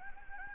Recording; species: mosquito wingbeat signal from an infrared sensor; Anopheles gambiae